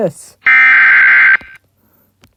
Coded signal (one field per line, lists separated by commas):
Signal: Emergency Alert System (SAME) tones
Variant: header bursts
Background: speech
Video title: DOM/CEM test (EAS 101)